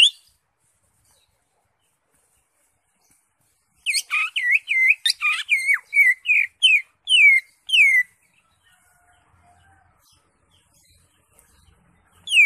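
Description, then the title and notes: Greater Green Leafbird song, a rapid burst of varied hooked whistles and chips lasting about four seconds. Used as a training recording (masteran) for caged birds. "Suara Burung Cucak Ijo. mantap buat masteran burung cak ijo"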